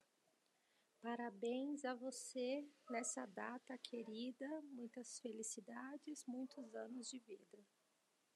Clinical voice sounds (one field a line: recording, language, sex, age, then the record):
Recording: short text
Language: Brazilian Portuguese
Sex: female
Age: 20 to 29 years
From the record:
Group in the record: control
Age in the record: 27 years